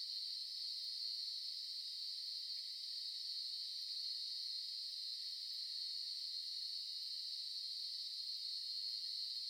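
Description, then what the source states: Cicadas give a continuous shrill hum, level and unvarying from start to end. Cicadas in Melbourne.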